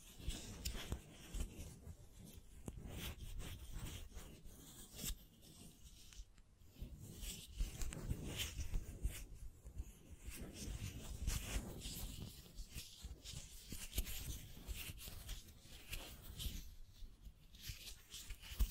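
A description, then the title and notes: Scratching and tracing, a dry rubbing and rasping that comes in short, irregular strokes throughout. The strokes vary in pressure, with slightly louder bursts around 8 and 17 seconds, and a faint low rumble sits underneath. Scratching, Tracing, Tapping.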